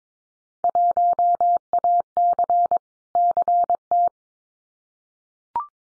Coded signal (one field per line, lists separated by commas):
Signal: Morse code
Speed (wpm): 22 wpm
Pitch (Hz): 700 Hz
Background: none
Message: 1AC CT